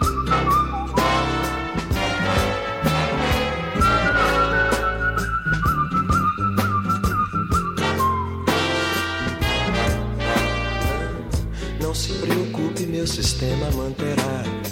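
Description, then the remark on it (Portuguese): Someone whistles a tune over a busy band backing, the thin, high whistle drawing out long sustained notes for several seconds before the instruments carry on alone. “Assobia”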